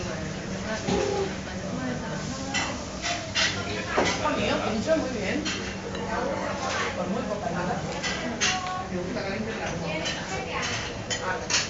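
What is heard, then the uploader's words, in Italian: Exotic chatter in a bar in Barcelona: many voices overlap in a dense, continuous babble with no single speaker standing out. Sharp clinks and brief clatters pop up throughout, and a steady low hum runs underneath the whole time. In un bar di Barcellona. L’esotico cicalecchio di un bar di Barcelona.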